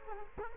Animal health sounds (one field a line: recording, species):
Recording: mosquito wingbeat signal from an infrared sensor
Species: Culex quinquefasciatus